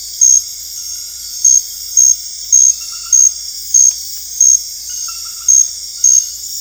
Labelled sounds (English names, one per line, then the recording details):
none
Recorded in dense forest near Puerto Asís, Putumayo, Colombia, on 20 February 2024 at 03:00
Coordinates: 0.485, -76.318
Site G6408